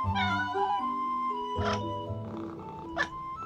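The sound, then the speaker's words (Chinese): A small white cat, held in someone's hand, meows several times, with thin, high-pitched, drawn-out cries and a couple of short, sharper calls toward the end. No one speaks. “展昭愣住了，盯着白玉堂手里一只白色的小猫看了起来。”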